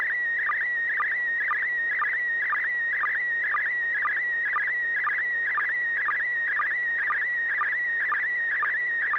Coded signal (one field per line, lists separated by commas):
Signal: SSTV (slow-scan television)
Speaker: it's working so go ahead and transmit [Music] d d d AI 6dg